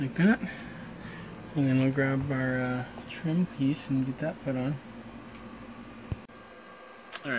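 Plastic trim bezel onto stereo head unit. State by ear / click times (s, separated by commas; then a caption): seated / 7.2 s. A plastic trim bezel is pressed onto the front of an installed Bluetooth stereo head unit in a vintage travel trailer. Someone talks over a steady background hum, then a single light click sounds at 7.2 s. The trim ring snaps into place on the head unit.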